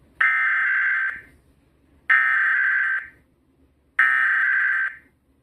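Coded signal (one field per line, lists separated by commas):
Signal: Emergency Alert System (SAME) tones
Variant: header bursts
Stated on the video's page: Required monthly test heard on a Sangean HDR-14 radio.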